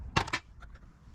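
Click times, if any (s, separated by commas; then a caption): none. While reassembling a Subaru starter motor, a tanged metal part is fitted over its mating parts, positioned with a magnet, and pushed down into the starter assembly. Two sharp handling knocks land near 0.2 s and 0.3 s, followed by a few faint ticks over low background noise. The part has not seated or clicked into place yet.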